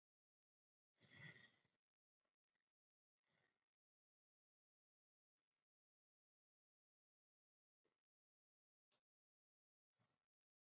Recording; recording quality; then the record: shallow breathing; excellent, no background noise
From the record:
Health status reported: healthy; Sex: female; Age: 48 years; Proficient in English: yes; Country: India